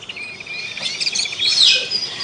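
Small birds chirp on a sunny day in quick, high-pitched bursts, with a steady run of repeated tweets and a brighter trilling flourish partway through, over a faint insect-like buzz.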